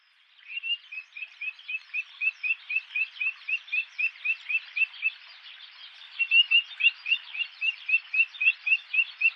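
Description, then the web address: Grey-tailed tattler calling in a rapid series of sharp, upslurred whistles, several a second, with a short lull midway before the notes resume louder. Tatsuno, 15 May 2014. "koe kiashi 140515 tatsuno kuroda"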